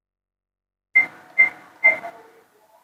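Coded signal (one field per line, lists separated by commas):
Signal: none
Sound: a radio's button beeps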